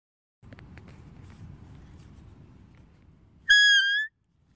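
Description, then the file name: Deer: low rustling and rumbling noise for several seconds, then a deer's single loud whistle, level and gently rising. "Tieng con nai keu"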